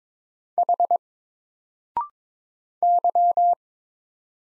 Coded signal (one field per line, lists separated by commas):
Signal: Morse code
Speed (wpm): 22 wpm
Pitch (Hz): 700 Hz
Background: none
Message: H Y